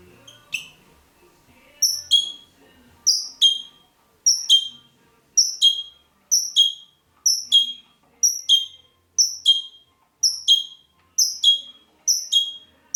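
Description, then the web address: Red-rumped parrot giving a series of bright, sharp, downward-slurred chirps, repeated steadily, with little else audible. "pevcii popugai. parrots psephotus-haematonotus"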